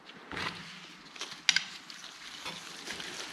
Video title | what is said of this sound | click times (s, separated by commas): 2022 Beta Motorcycle KYB Fork Rebuild, Fork Seals & Bushings, Step By Step Instructions! | and you'll want to hear the click of it snapping down in like it just did that one settled in good | 1.5 s